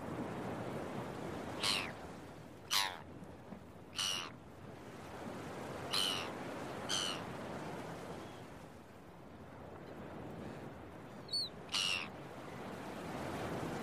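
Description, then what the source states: Gull calls, short harsh cries given singly and in pairs at irregular intervals, over a steady wash of breaking beach waves. Recorded early in the morning at a beach, with waves breaking.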